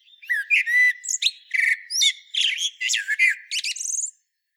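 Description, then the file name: Common blackbird giving one continuous song phrase of mellow low whistles mixed with rapid high squeaks and trills, lasting about four seconds before stopping. "Turdus merula"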